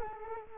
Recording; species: mosquito wingbeat signal from an infrared sensor; Culex quinquefasciatus